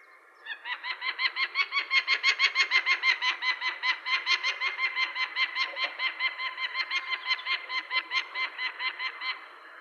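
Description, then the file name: Peregrine falcon calling: a harsh, nasal kak-kak-kak run of about three notes a second that swells at first and carries on steadily. "suara alap kawah"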